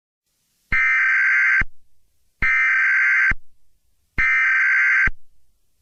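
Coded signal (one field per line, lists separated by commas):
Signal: Emergency Alert System (SAME) tones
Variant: header bursts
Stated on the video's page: Simulated EAS alert tones in a fictional scenario.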